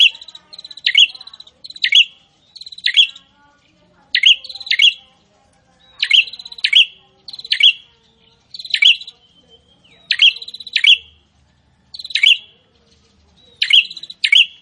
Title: Prenjak gacor ISTIMEWA bikin prenjak ANDA semakin GANAS dan GACOR